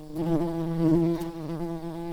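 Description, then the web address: Early bumblebee buzzing, a steady low droning hum with a rich stack of overtones that wavers slightly in pitch and loudness throughout. Bumblebee queens. "bumblebees Pratorum-queens"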